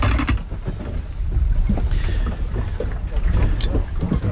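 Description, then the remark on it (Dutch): A fishing boat sails out with its nets on the Wadden Sea, its low engine rumble mixed with rushing water and gusts of wind buffeting the microphone, with a few brief sharp splashes. “De Uskwert 6 vaart hier met de netten uit.”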